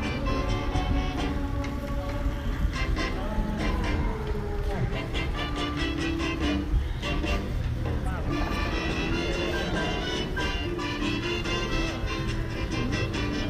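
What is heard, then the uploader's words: A busy street in Mexico City with a steady, dense wash of traffic rumble filling the low end throughout. Voices and clattering, clicking sounds come and go on top, with a brief lull around seven seconds before the bustle returns. Ciudad de México Soundscape.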